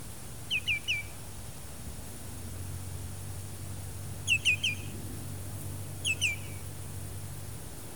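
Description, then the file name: Common greenshank giving three bursts of two to three ringing notes, over a steady low hum. "Greenshank"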